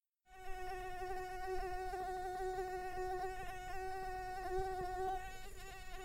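Insect buzzing in flight, a steady nasal whine with a strong harmonic stack held almost unbroken for about six seconds, wavering slightly in pitch; no other clear sounds.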